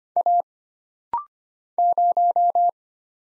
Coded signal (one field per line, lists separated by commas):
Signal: Morse code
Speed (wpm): 25 wpm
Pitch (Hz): 700 Hz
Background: none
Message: A 0